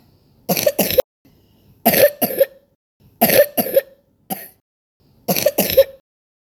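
About nine coughs from an adult, coming mostly in quick pairs, each burst loose, rattly and noisy. A wet, productive cough, as heard in bronchiectasis.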